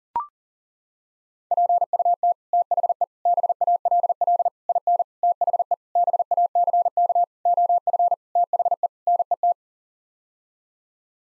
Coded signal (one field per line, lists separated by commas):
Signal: Morse code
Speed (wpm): 40 wpm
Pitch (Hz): 700 Hz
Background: none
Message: PUT THE BALL IN THE BACK OF THE NET